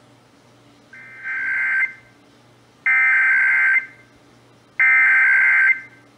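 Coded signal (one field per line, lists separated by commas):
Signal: Emergency Alert System (SAME) tones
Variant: header bursts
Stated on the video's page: Texas Required Monthly Test as carried on AM, TV and FM broadcast stations.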